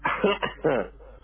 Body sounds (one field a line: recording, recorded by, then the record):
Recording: voluntary cough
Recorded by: telephone call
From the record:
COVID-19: positive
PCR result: checked with the laboratory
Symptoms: yes